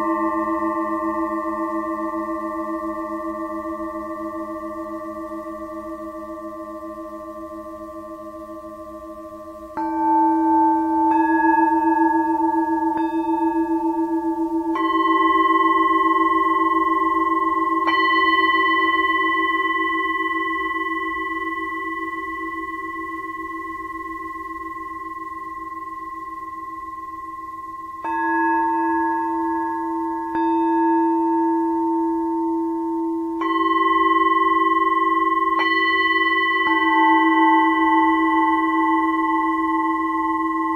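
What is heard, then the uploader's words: A singing bowl rings with long, sustained tones that hang in the air and slowly fade. It is struck again at about 10, 15, 28 and 33 seconds, each strike adding a bright, shimmering ring over a warm low hum. It is otherwise quiet. 317.83Hz (liver frequency) & 319.88Hz (kidney frequency) Song bowl.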